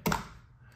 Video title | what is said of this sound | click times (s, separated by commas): Torras NEW ARAMID 600D Case - iPhone 14 Pro Max | first you get a very nice click | 0.1 s